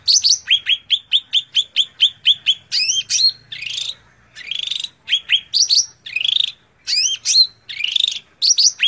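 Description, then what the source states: Greater green leafbird singing a quick string of chirps, then switching to varied, longer rising whistles and buzzy phrases with short pauses between. Tutor song (masteran) for training other birds of the same kind.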